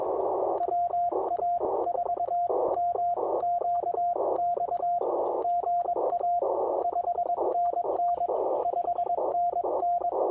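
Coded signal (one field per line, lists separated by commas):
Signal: Morse code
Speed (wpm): 21 wpm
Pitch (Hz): 690 Hz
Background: radio noise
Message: WA4MQX GA 5NN 5NN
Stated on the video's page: QRP POTA park activation with Ten-Tec Argonaut VI, BaMaKeY TP-III paddle, and Chelegance MC-750 portable vertical antenna.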